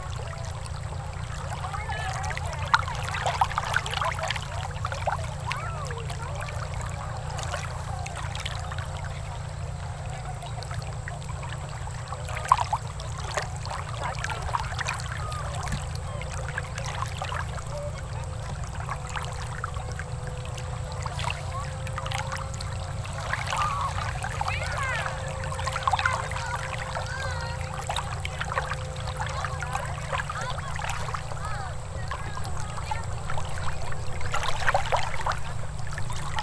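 Beach ambience built on a constant deep rumble with a faint, steady whine held above it, like an engine or boat. Small splashes, trickles and crackles come and go throughout, with a few sharper pops near 3, 12 and 26 seconds.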